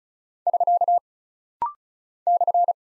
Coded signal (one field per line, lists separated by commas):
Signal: Morse code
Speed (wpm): 36 wpm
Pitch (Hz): 700 Hz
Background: none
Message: <SK> /